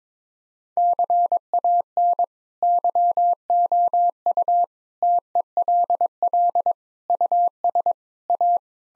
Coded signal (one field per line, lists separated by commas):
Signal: Morse code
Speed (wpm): 22 wpm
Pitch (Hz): 700 Hz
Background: none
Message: CAN YOU TELL US A